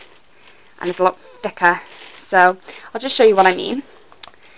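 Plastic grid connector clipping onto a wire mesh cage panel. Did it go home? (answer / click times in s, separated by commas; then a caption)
yes / 4.2 s. A sturdy plastic grid connector, thick like a cable tie, is clipped onto one side of a wire mesh cage grid panel. Someone talks, then a sharp click is heard at 4.2 s as the connector snaps on and seats.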